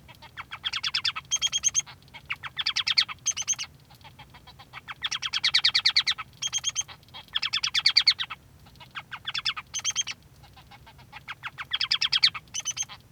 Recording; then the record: song of a male Bengalese finch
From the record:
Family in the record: son of father 3